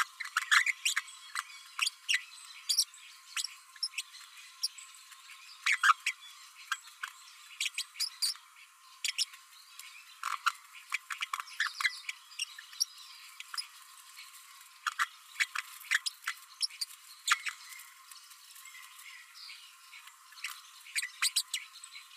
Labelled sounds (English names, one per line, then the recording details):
Green-rumped Parrotlet babbling
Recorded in a nest box in Venezuela
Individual 18B12A1